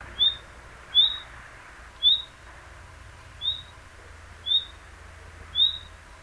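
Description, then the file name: Common nightingale calls: a short, high, slightly rising whistled note repeated about once a second, six times, over a faint low background hum. "Luscinia megarhynchos"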